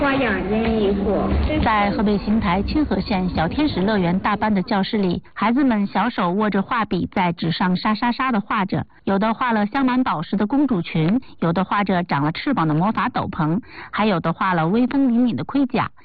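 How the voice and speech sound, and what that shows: A woman reads a Mandarin radio news report for the Voice of China profile column in a clear, fluent, steady voice with ordinary speech.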